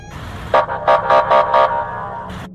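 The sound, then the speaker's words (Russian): A piercing police siren blares in quick, evenly spaced pulsing bursts, then settles into a steady harsh tone over a low rumbling background. “Раздался пронзительный вой сирены из ниоткуда.”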